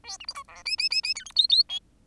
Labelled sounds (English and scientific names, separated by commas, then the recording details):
Bengalese Finch (Lonchura striata domestica) song
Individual Bird10